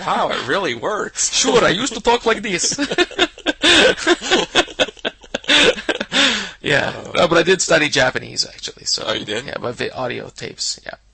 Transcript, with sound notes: Wow, it really works.
Sure, I used to talk like this. (laughter) Yeah, but I did study Japanese actually so.
Oh, you did?
On audio tape, yeah.